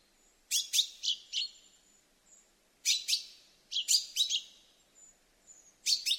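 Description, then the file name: Common chaffinch uttering crisp, high chip notes in groups of two to four, some with a thin ringing tail, over an otherwise quiet background. "Fringilla coelebs"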